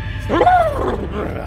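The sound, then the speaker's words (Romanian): A single drawn-out neigh of a general's horse in the forests, likely voiced by a person imitating a horse, rising sharply then sliding down in pitch over about half a second, over a low steady background hum. “Pierdut în păduri, genarul își aude calul nechezând.”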